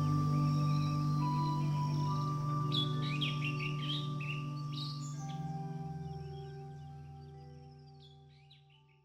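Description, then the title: Bird twitters in a lively chatter of quick chirps in the middle, fading toward the end, over a low hum that grows quieter. "SuaraBurung Kicau"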